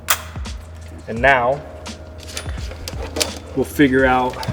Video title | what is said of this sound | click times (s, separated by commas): Kubota RTV X1140 : How to Install Lights | these will just click in | 0.1 s